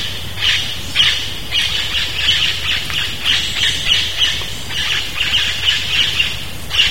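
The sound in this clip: Bird calling with harsh, squawking high notes in a rapid, continuous series, with a low background rumble.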